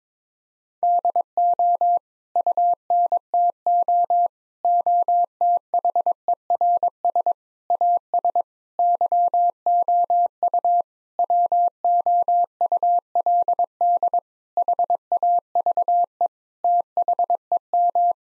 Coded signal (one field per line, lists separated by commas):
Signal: Morse code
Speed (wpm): 22 wpm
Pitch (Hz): 700 Hz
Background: none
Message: DO UNTO OTHERS AS YOU WOULD HAVE THEM